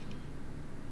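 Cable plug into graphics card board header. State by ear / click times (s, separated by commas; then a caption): not seated / none. A second small cable connector is handled at its header on the board of an Asus TUF 4000 Series graphics card, about to be plugged in the same way as the first. Only a steady low rumble and a faint brief tone near 0.1 s are heard. Nothing has seated or clicked yet.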